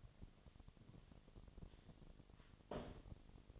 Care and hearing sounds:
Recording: daily activity, microphone in the room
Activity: sweep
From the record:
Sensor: 4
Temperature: 28.5 degrees Celsius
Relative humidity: 34.1%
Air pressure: 1007.8 hPa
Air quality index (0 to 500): 192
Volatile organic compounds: 6 ppm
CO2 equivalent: 1922 ppm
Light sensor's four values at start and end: 23/72/27/26 and 23/72/27/26

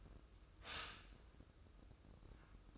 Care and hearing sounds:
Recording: daily activity, microphone in the room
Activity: stop toaster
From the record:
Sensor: 2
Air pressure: 995.1 hPa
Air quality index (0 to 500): 54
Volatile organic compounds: 1 ppm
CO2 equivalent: 880 ppm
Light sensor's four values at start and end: 16/52/20/19 and 16/51/20/19

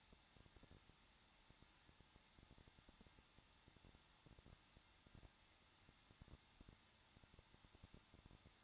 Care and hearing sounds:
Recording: daily activity, microphone in the room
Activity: no activity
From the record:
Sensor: 3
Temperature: 21.2 degrees Celsius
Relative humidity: 36.4%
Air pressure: 1006.4 hPa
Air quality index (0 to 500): 224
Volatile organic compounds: 44 ppm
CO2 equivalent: 3211 ppm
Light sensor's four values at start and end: 2/3/2/2 and 2/3/2/2

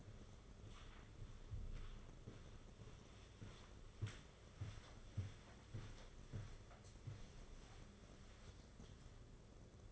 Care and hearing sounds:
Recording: daily activity, microphone in the room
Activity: walk to room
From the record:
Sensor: 4

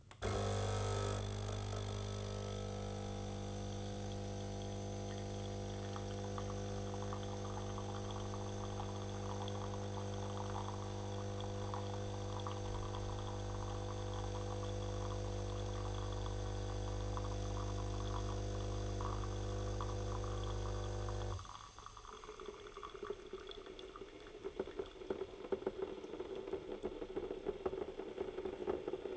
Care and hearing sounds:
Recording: daily activity, microphone in the room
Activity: make coffee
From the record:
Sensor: 4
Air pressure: 995.3 hPa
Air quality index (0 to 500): 213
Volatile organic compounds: 241 ppm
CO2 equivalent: 4337 ppm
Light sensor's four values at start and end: 27/81/31/33 and 22/67/26/26

